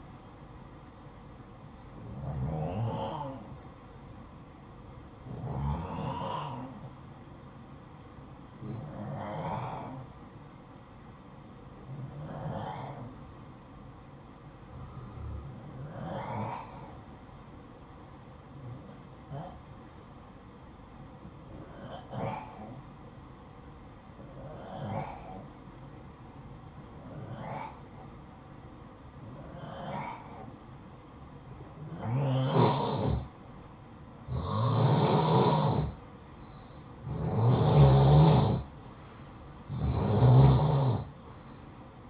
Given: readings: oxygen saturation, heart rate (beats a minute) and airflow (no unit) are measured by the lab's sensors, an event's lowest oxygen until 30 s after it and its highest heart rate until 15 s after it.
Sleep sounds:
breathing in sleep by a smartphone at the bedside; 1
10.00-36.50 s: hypopnea (N2, oxygen 94% highest, then 88% lowest, heart rate 59 at the start, 65 highest)
From the record:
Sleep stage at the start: N2 (light sleep); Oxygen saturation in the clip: 88 to 94%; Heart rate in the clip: 55 to 65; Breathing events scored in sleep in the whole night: 573 in 9.8 hours asleep

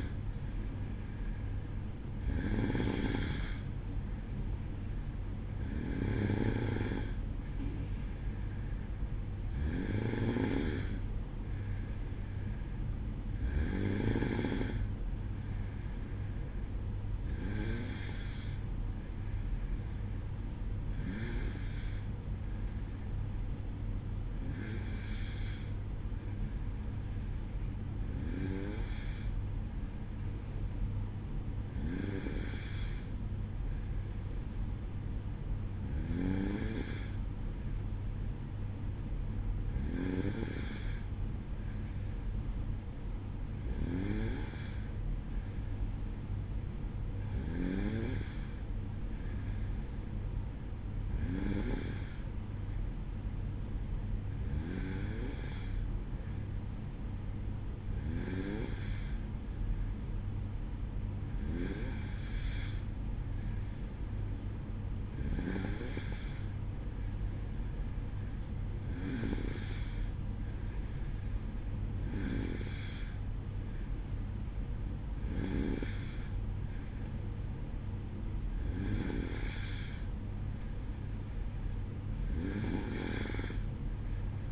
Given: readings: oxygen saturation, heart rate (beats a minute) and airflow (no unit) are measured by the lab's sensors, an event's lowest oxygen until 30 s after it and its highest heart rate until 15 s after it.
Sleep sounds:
breathing in sleep by a smartphone at the bedside; none
none scored
From the record:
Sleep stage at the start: N2 (light sleep); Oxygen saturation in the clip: 92 to 94%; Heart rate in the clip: 53 to 57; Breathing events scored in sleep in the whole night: 305 in 9.6 hours asleep

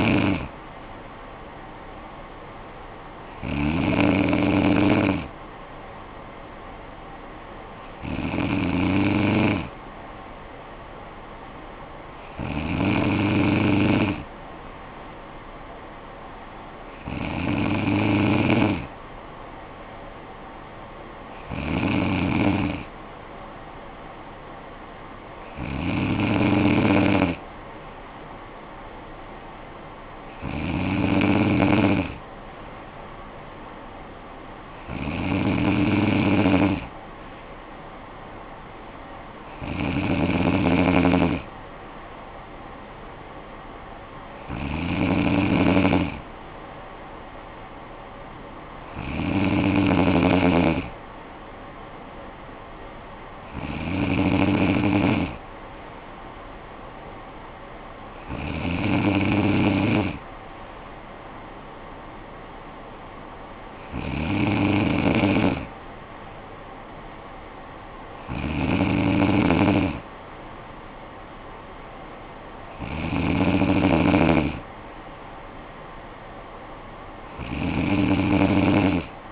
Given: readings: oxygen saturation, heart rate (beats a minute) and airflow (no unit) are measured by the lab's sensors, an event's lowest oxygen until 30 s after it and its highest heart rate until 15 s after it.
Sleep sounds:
breathing in sleep by a voice recorder at the bedside; none
none scored
From the record:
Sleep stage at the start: N2 (light sleep); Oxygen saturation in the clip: 94 to 95%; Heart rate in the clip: 50 to 58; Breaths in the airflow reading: 18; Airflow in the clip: -10.4 to 6.6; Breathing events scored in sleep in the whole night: 445 in 7.6 hours asleep

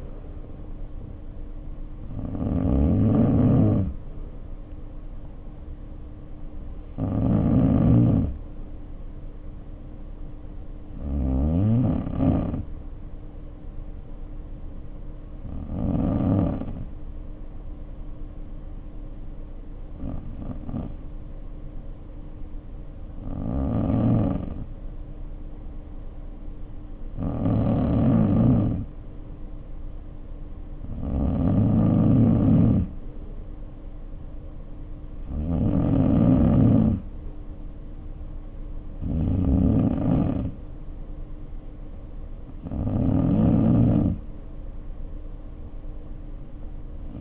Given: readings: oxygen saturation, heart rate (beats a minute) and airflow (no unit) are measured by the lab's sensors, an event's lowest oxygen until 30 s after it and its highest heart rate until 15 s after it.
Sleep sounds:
breathing in sleep by a smartphone at the bedside; 1
11.00-27.70 s: hypopnea (N2, oxygen 94% highest, then 89% lowest, heart rate 54 at the start, 58 highest)
From the record:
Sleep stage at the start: N2 (light sleep); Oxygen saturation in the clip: 87 to 94%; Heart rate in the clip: 51 to 62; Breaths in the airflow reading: 10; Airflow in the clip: -3.1 to 2.8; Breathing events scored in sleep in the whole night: 520 in 7.2 hours asleep

